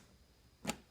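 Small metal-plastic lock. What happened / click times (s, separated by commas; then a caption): The lock's release button clicked out of reset / 0.7 s. The release button on a TSA luggage combination lock is pushed in after the new code 0-1-9 is dialed. After a quiet stretch, one sharp click is heard at 0.7 s, with another sound starting right at the end. The lock clicks out of reset mode, locking in the new code.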